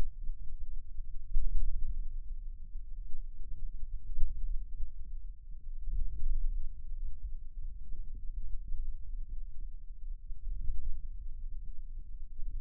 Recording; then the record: forearm muscle sounds (acoustic myography)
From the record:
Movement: ulnar deviation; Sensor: system 2, bracelet of six BSWA MPA416 microphones around the upper forearm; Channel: 1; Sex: male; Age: 22 years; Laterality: right